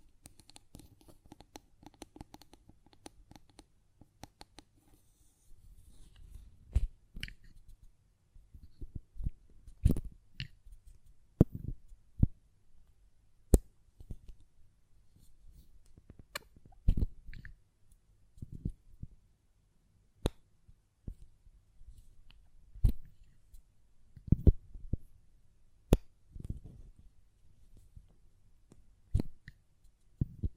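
A glass perfume bottle is tapped and its lid handled, with sharp isolated clicks and knocks scattered irregularly over quiet gaps.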